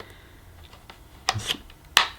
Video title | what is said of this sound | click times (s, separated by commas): Beldray Airglide Bagless Vacuum Cleaner Demonstration & Review | oh you don't have to press it in there we go it clicks in anyway just push it till it clicks | 2.0 s